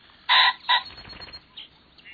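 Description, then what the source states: Ring-necked Pheasant giving a loud, harsh two-note crow, a short second burst following the first, then quieter faint sounds afterwards. Species native to East and Central Asia, introduced to Oregon from China in 1881.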